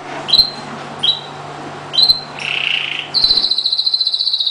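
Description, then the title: Oriental magpie-robin giving three short upslurred chips, a harsh rasping note, then a long fast pulsing trill. "Kicau Kacer Durasi Panjang 1jam Lebih"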